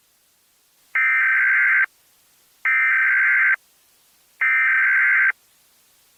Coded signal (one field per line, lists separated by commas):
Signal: Emergency Alert System (SAME) tones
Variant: header bursts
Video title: EAS Prank CISA